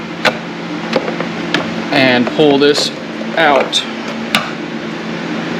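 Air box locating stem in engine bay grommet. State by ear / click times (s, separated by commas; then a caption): released / 4.3 s. During a cold air intake install on a 2023 Durango SRT Hellcat, the stock plastic air box is pulled straight up so its locating stems come out of their rubber grommets in the engine bay. Someone talks while working. The stubborn stem on the right side near the fender wall pops free with a sharp knock at 4.4 s, releasing the air box.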